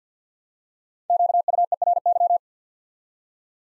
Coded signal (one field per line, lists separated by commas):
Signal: Morse code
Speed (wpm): 50 wpm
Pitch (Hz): 700 Hz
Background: none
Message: QUERY